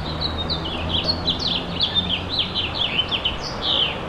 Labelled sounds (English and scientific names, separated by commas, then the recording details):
House Finch (Haemorhous mexicanus) song
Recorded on Long Island, New York, on 25 May 2011
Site KG
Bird A